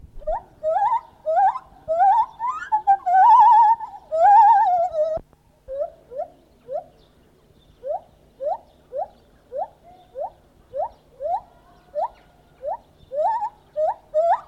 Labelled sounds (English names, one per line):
Lar Gibbon